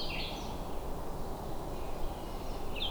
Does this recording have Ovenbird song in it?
no